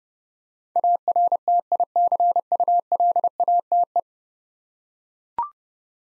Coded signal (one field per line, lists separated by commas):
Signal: Morse code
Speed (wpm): 30 wpm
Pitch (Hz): 700 Hz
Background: none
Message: ARTICULATE